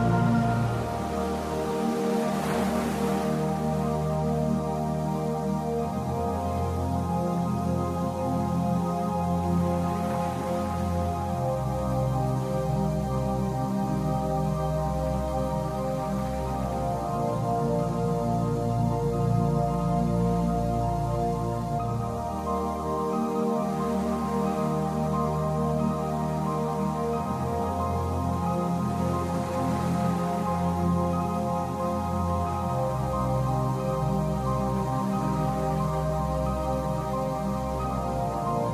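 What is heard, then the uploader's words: Soft, sustained music holds long chords with warm low tones, shifting slowly every several seconds at an even, steady level. Gentle wave swells rise and fall faintly behind it roughly every seven seconds, adding a soft hiss over the calm tones. Relaxing music with gentle rolling waves. Feel calm and peaceful with this light and soothing music track, with the sound of gentle ocean waves in the background.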